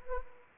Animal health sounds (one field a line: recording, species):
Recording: mosquito wingbeat signal from an infrared sensor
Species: Anopheles gambiae